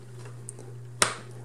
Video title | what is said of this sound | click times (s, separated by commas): Removing Vintage Watch Snap Back | there we go you can hear it snap that's when you know you got it | 1.0 s